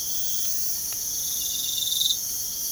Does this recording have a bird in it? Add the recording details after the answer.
no. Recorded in pastures near Puerto Asís, Putumayo, Colombia, on 25 June 2025 at 04:30. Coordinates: 0.497, -76.327. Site G040